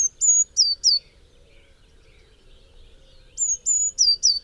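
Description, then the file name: Eurasian Blue Tit giving a few rapid, high, falling notes, a long pause, then another quick run of the same sharp notes. "Cyanistes caeruleus"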